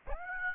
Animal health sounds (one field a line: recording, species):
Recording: mosquito wingbeat signal from an infrared sensor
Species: Aedes aegypti